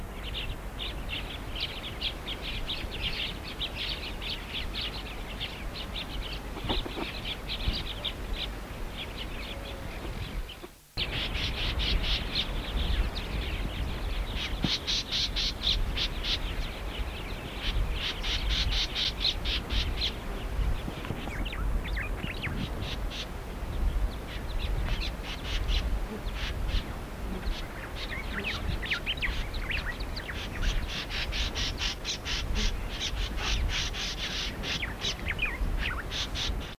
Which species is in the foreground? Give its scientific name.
Amadina erythrocephala